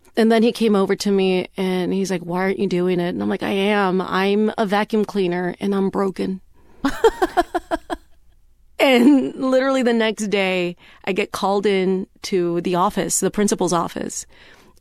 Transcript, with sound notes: And then he came over to me and he's like, why aren't you doing it? And I'm like, I am. I'm a vacuum cleaner and I'm broken.
(Laughter).
And literally the next day, I get called in to the office, the principal's office.